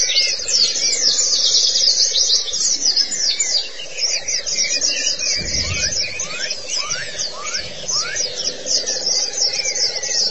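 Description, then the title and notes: White-eye song: high rapid twitters over a steady low hum, with some lower, downward-slurred notes in the second half. "Kicauan Burung Pleci Durasi Panjang. Suara kicauan burung pleci"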